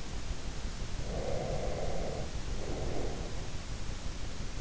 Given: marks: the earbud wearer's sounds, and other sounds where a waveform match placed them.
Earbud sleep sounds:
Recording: sounds in sleep by an in-ear microphone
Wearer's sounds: breath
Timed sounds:
1.05-3.56 s: breath

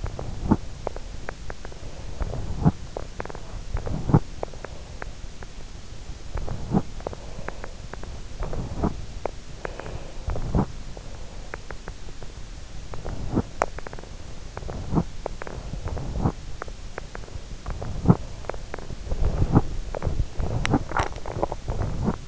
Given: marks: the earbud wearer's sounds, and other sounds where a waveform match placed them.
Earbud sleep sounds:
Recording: sounds in sleep by an in-ear microphone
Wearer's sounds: teeth grinding, breath, body movement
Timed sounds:
0.00-1.00 s: teeth grinding
1.69-2.69 s: breath
2.57-2.81 s: teeth grinding
2.92-3.47 s: teeth grinding
3.71-4.46 s: teeth grinding
6.39-7.08 s: teeth grinding
7.08-7.88 s: breath
8.37-9.31 s: teeth grinding
9.61-10.52 s: breath
10.25-10.75 s: teeth grinding
10.75-13.01 s: body movement
13.01-13.79 s: teeth grinding
14.62-15.26 s: teeth grinding
15.76-16.45 s: teeth grinding
16.45-17.66 s: body movement
17.66-18.39 s: teeth grinding
18.49-19.01 s: teeth grinding
19.13-19.70 s: teeth grinding
19.91-22.28 s: teeth grinding

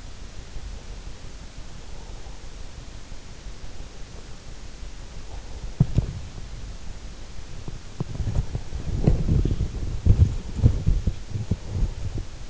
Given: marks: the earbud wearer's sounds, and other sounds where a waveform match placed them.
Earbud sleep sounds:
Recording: sounds in sleep by an in-ear microphone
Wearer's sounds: breath, body movement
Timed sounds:
0.24-2.91 s: breath
3.68-6.02 s: breath
5.90-12.50 s: body movement

